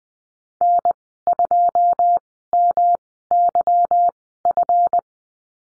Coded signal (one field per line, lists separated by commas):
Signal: Morse code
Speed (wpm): 20 wpm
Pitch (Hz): 700 Hz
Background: none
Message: N2MYF